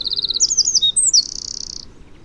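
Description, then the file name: Eurasian wren, end of a song: a fast trill, a few sharp sliding notes, then a loud buzzy reel. "Troglodytes troglodytes"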